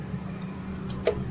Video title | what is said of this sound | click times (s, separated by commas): Audi A4 2015 Model Engine Oil Change By (AL-Qadir Lube Xpress). | Screw, ये देखिए, ये ऐसा है कि लॉक हो गया, इसने ना आगे जाना है ना बाहर निकलना है, ये लॉक हो जाता है। | 1.1 s